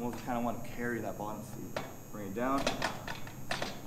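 Someone talks while the seat and foot bar of a lat pullover exercise machine is brought down and back in. The steel adjustment pin in the machine's frame clicks into place at 3.5 s, locking it.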